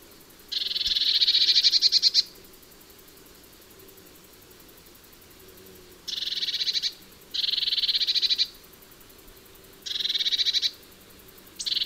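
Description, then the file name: Eurasian blue tit giving a long rattling churr, then a run of shorter buzzy bursts, five rattles in all, the last cut off. "Cyanistes caeruleus"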